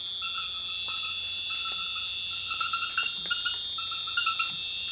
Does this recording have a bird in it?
no